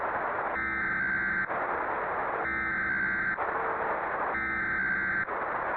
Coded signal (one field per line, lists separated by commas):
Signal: Emergency Alert System (SAME) tones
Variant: header bursts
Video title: [EAS MINI-SCENARIO] MILLENNIUM MALFUNCTION